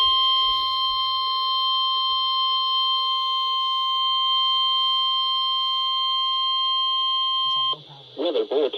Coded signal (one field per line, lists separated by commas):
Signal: Emergency Alert System (SAME) tones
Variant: 1050 Hz attention tone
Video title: WWG53 SVR (EAS-646